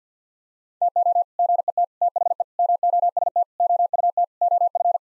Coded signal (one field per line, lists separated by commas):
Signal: Morse code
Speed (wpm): 50 wpm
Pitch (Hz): 700 Hz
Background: none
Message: TO GET THE MOST OUT OF